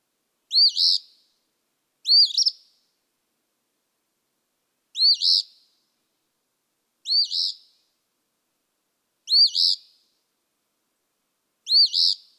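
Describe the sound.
Eastern phoebe song: raspy two-part fee-bee phrases, the second note buzzy, repeated six times at irregular intervals against a silent background.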